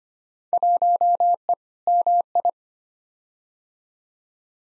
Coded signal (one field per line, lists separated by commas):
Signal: Morse code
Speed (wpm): 25 wpm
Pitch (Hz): 700 Hz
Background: none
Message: 1E MI